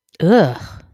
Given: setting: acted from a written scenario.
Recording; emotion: vocal sound without words; disgust